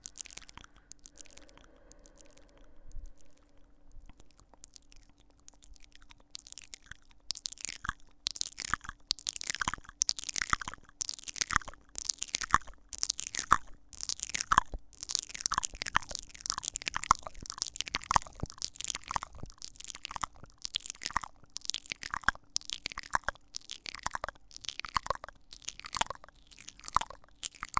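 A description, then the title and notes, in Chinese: Quick pecking kisses and popping mouth sounds, wet and bright, arrive in a rapid, steady stream from about five seconds on after a nearly silent start. They fall several per second, uneven in loudness, over a faint constant low hum. 啄耳＋kiss＋嗷呜＋啵啵。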